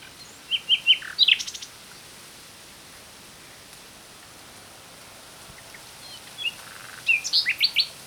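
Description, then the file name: Common nightingale song in two short bursts of rapid, repeated chirpy notes, separated by several seconds of quiet background hiss. "Luscinia megarhynchos"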